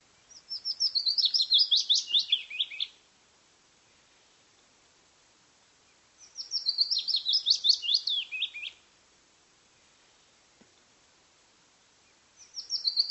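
Bird giving rapid chattering phrases of high, sharply modulated notes, each burst lasting about two and a half seconds and falling at the end, repeated with pauses.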